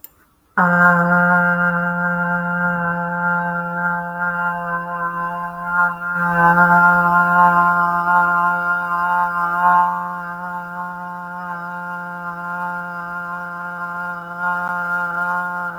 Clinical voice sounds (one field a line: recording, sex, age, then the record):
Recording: vowel held as long as possible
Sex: female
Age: 40 to 49 years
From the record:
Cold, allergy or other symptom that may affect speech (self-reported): no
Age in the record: 44 years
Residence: Massachusetts, United States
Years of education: 15